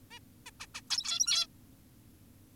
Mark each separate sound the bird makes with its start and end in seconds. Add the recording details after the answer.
0.11-0.19, 0.46-0.50, 0.60-0.66, 0.75-0.81, 0.90-1.47. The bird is an adult. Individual g17y2U